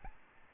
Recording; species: mosquito wingbeat signal from an infrared sensor; Aedes albopictus